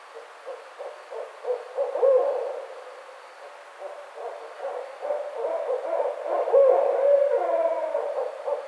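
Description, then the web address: Barred owl delivering rapid runs of low hoots, rising to excited, wavering caterwaul-like notes with harsher overtones near the end. Recorded on 29 May 2009. "Barred Owl 2009 05 29 Barred Owl"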